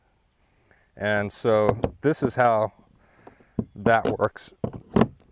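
Someone talks while handling a plastic rod holder, pushing it toward its track-mounted base on a Pelican Castaway 100 / Sentinel 100X / Blitz 100X EXO kayak, with a few short knocks and taps between the words. The clip ends before the holder goes home, so nothing has seated or locked yet.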